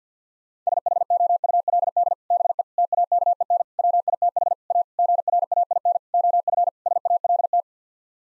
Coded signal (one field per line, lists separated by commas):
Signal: Morse code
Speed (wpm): 50 wpm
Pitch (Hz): 700 Hz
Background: none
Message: SHOULD BE TAKEN WITH A GRAIN OF SALT